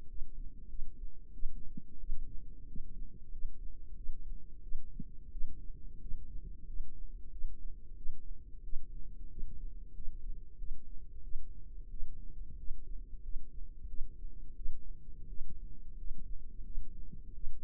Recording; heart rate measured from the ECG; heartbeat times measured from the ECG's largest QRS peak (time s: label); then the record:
heart sounds by microphone in the left ear; 90 bpm
0.08 s: heartbeat
0.69 s: heartbeat
1.33 s: heartbeat
1.99 s: heartbeat
2.67 s: heartbeat
3.32 s: heartbeat
3.96 s: heartbeat
4.62 s: heartbeat
5.31 s: heartbeat
6.01 s: heartbeat
6.67 s: heartbeat
7.31 s: heartbeat
7.96 s: heartbeat
8.63 s: heartbeat
9.30 s: heartbeat
9.94 s: heartbeat
10.58 s: heartbeat
11.23 s: heartbeat
11.90 s: heartbeat
12.58 s: heartbeat
13.23 s: heartbeat
13.88 s: heartbeat
14.56 s: heartbeat
15.29 s: heartbeat
15.98 s: heartbeat
16.64 s: heartbeat
17.34 s: heartbeat
From the record:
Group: healthy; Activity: rest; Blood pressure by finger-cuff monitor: 122/78 mmHg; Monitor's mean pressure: 89 mmHg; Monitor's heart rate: 91 bpm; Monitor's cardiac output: 7.1 L/min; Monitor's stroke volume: 77 mL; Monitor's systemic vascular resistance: 930 dyn s/cm5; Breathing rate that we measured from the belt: 19 breaths a minute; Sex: female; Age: 22 years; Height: 163 cm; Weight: 67.1 kg